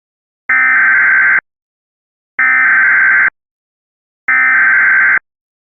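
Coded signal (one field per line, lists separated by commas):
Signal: Emergency Alert System (SAME) tones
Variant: header bursts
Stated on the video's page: Fictional EAS scenario made with Audacity and text-to-speech software.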